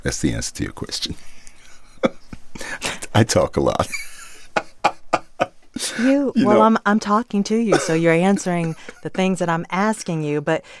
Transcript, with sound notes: That's the answer to your question. I talk a lot (laughter), you know.
You - well, I'm talking to you. So you're answering the things that I'm asking you.